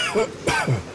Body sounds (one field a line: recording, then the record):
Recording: coughing mixed with background sound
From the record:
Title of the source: Dry Afternoon Cough